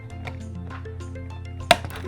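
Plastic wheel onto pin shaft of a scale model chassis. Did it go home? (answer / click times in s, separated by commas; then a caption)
yes / 1.7 s. A plastic wheel is pressed down and wiggled onto the slightly upturned pin shaft of a 1:2 scale Dalek model chassis, with soft handling clicks over steady background music. A single sharp, loud snap at 1.7 s marks the wheel seating on the shaft.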